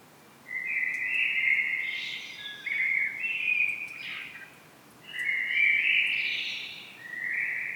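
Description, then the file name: Common blackbird delivering a string of rich fluty warbles in close succession, some ending in scratchy higher twitters, with short gaps between phrases. "Turdus merula"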